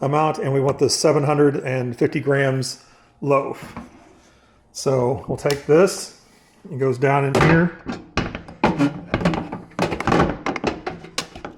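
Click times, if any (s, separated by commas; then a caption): 11.2 s. Someone talks as a metal bread pan is lowered into a bread machine and twisted or pushed down, producing several thunks at about 8.2, 8.6, 9.1, 9.8 and 10.1 seconds. A final sharp hit at 11.2 seconds marks the pan locking in place.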